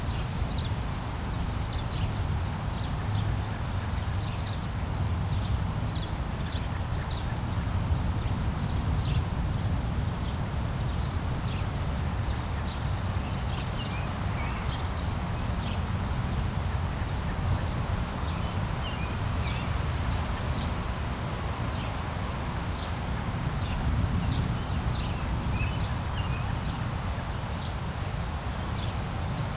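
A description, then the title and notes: Birds chirp in short, bright calls scattered throughout, some quick downward trills, over a steady patter of light rain. A constant low rumble fills the background, and the overall level stays even from start to finish. Birds Chirping and Light Rain.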